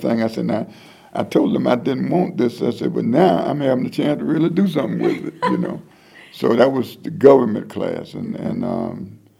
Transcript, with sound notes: I said, ‘now, I told them I didn’t want this’, I said, ‘But now I’m having the chance to really do something with it! (laughter) So that was the government class and…